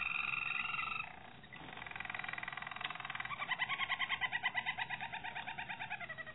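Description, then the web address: Harz Roller canary song: a smooth rolling trill gives way to a fast, pulsing, evenly repeated chatter that runs on steadily. Harz Roller breed of canary. "~joaopt canarios racas canto harzerv"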